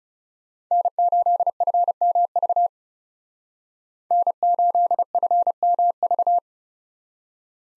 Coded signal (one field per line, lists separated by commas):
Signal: Morse code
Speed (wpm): 37 wpm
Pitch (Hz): 700 Hz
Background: none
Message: N8FMV N8FMV